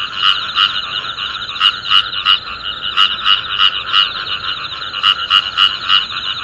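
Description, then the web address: Frog calls: crisp croaks repeated roughly three times per second in irregular runs, backed by an unbroken trilling chorus. "tera kaeru"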